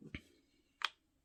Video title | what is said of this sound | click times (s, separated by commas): OXVA Velocity review | just pops in goes on either way nice click as soon as you put it in | 0.9 s